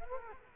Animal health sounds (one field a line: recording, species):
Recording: mosquito wingbeat signal from an infrared sensor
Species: Culex quinquefasciatus